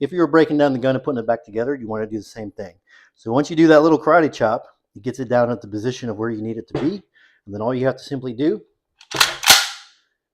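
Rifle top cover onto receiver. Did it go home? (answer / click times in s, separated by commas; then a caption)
yes / 9.2 s. Someone talks through reassembling an IWI Galil ACE 5.56 rifle during a Dissident Arms ALG AKT-UL trigger install, with the recoil guide rod pushed down so the steel top cover can go back onto the receiver. The charging handle is cycled, producing a short burst of sharp metallic sounds. The top cover snaps into place with a click at 9.2 s.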